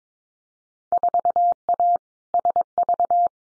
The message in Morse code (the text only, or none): 4A SV